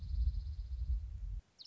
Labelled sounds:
Dark-eyed Junco
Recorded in Sonoma County, California

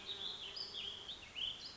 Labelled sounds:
Warbling Vireo
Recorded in Sonoma County, California

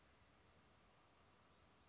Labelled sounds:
Chestnut-backed Chickadee
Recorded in Sonoma County, California

